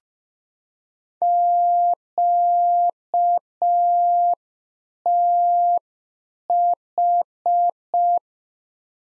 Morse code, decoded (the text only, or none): QTH